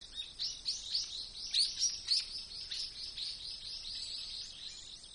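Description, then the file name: Brown-eared bulbul calls: a rapid run of short, shrill high chirps, with a few louder squealing notes midway. "hiyo"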